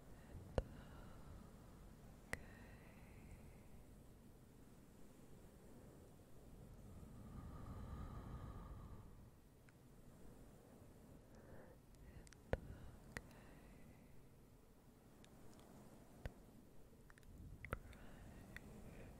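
Slow, soft fluffy rustling with a low steady rumble, a swell near eight seconds, and sharp clicks scattered throughout, clustering after twelve seconds.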